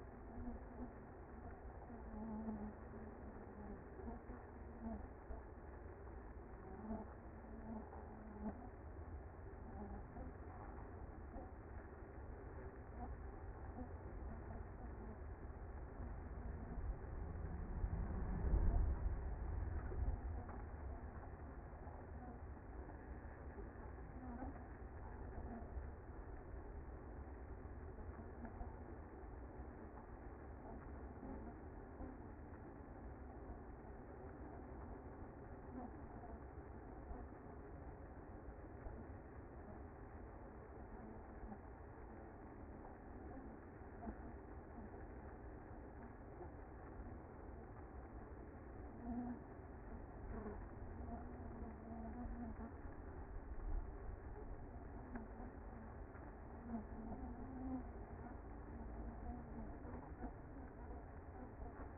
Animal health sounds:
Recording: honeybee colony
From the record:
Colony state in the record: active

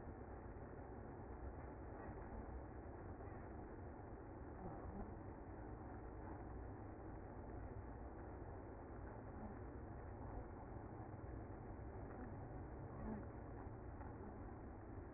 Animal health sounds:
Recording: honeybee colony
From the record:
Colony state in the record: active

